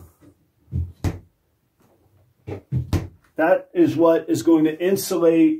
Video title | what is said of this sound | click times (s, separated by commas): How to DIY a BALL PYTHON Egg Incubator! | you want to hear that snap that vacuum snap | 1.0 s, 2.9 s